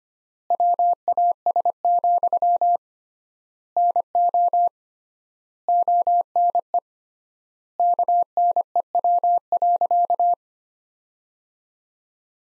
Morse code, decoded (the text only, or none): WAS, NO ONE KNEW.